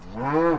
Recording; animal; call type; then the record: contact call of a hoofed animal; cattle; low-frequency (closed-mouth) or high-frequency (open-mouth) call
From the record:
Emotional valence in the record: negative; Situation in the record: full separation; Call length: 0.59 s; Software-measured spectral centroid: 1050 Hz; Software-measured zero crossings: 1180 a second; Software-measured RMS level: -23 dBFS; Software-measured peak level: -10 dBFS